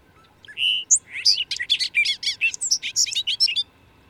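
Bird song: one rapid, jumbled phrase of high chirps, buzzy notes and sharp whistles that runs about three seconds without a break.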